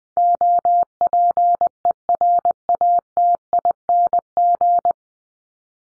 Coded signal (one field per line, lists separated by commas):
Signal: Morse code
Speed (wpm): 20 wpm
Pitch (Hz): 700 Hz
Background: none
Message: OPERATING